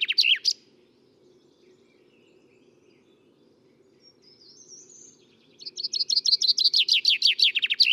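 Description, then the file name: Common chaffinch singing, a phrase ending at the start, then after a quiet gap a new series of rapid notes building toward its finish. "Fringilla coelebs"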